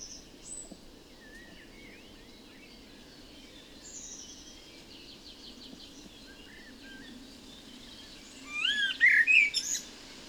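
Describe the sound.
Common blackbird song: soft, warbled phrases for most of the stretch, then one louder fluty phrase with a high chattering ending near the close.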